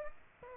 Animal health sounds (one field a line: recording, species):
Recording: mosquito wingbeat signal from an infrared sensor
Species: Aedes aegypti